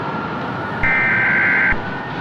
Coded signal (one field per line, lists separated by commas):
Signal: Emergency Alert System (SAME) tones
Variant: header bursts